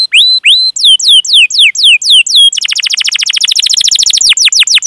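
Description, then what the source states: Canary song of clear slurred whistles, several per second, breaking into a very rapid rolling trill and closing with falling sweeps. Lively singer (gacor) said to have the best song phrasing (cengkok) and most luxurious fill-ins (isian); Indonesian bird-keeping hobby (kicaumania) recording.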